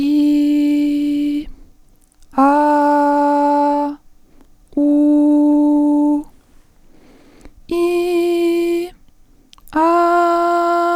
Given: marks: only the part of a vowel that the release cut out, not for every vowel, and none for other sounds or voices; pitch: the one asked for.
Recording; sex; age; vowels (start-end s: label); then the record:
sustained vowels; female; 20 to 29 years
0.00-0.74 s: vowel /i/, normal pitch
2.46-3.80 s: vowel /a/, normal pitch
4.82-5.98 s: vowel /u/, normal pitch
7.87-8.68 s: vowel /i/, high pitch
10.04-10.80 s: vowel /a/, high pitch
From the record:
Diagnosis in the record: healthy voice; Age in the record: 20 years